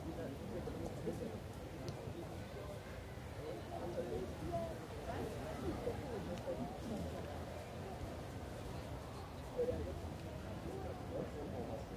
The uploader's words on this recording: The bustling scenery of Munich's famous Englischer Garten. The lively atmosphere of a Sunday afternoon.